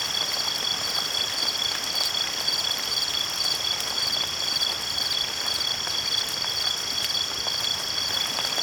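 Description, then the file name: Continuous high-pitched cricket trilling holds steady throughout, while rain patters underneath as a broad hiss with scattered clicks. "Relaxing Crickets Rain"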